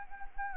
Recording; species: mosquito wingbeat signal from an infrared sensor; Anopheles gambiae